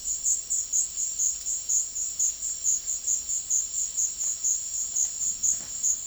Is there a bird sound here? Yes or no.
no